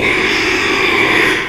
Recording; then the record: squeal of a Yucatan mini pig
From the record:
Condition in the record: after surgery on the right vocal fold (resection and tissue-engineered implant); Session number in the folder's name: 1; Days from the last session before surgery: 6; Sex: male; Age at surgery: 12 weeks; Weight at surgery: 13 kg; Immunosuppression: cyclosporine, prednisolone